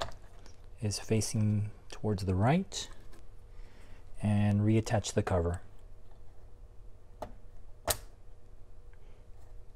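Someone talks, then a plastic PRAM battery holder cover on a Macintosh LC computer logic board is pressed back over the new battery. A single sharp click at 7.9 s, after a quieter tap at 7.2 s, marks the cover snapping into place, seated.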